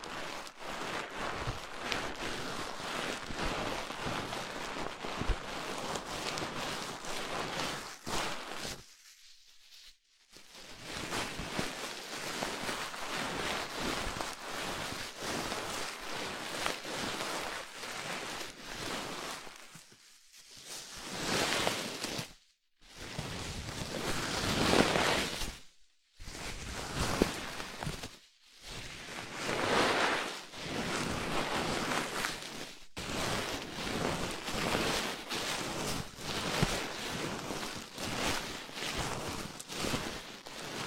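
A dense, rushing hiss like surf or heavy rain fills the clip, broken by abrupt near-silent cuts around 9, 20, 23, 26, 28 and 33 seconds. Between the gaps the noise swells and fades unevenly, mostly bright with a rumbling low edge.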